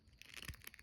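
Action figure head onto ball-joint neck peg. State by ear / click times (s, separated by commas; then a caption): not seated / none. A plastic Frazetta Icon Collectibles Conan action figure head is pushed back onto its NECA-style ball-joint neck peg, making a quick run of faint plastic scrapes and ticks. No pop is heard, but the head does go on.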